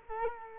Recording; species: mosquito wingbeat signal from an infrared sensor; Culex quinquefasciatus